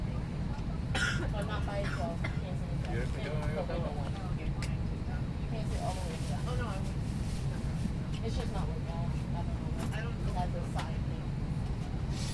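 A steady low roar of a plane cabin in flight fills the whole clip, dense and unchanging. Over it, people talk in murmured voices throughout, with a few brighter clicks and short noises scattered around the 1, 6 and 10 second marks.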